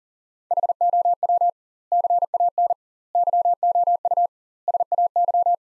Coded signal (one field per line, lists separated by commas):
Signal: Morse code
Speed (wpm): 40 wpm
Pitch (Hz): 700 Hz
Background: none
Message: HOW CAN YOU SAY